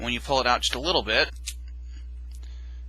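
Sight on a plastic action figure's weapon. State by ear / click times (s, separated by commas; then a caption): released / 1.5 s. Someone talks while pulling a tab on the compressed form of a plastic weapon belonging to a 2007 movie Leader Class Brawl action figure. A sharp click at 1.5 s marks the weapon's sight popping out, followed by quieter faint ticks in the low hum.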